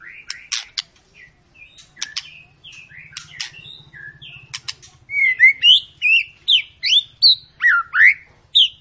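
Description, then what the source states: White-rumped shama song: sharp clicks and short notes first, then loud, regular whistled notes repeated quickly over several seconds. Long, lively ('gacor') lure song of murai batu, played to prompt birds to sing.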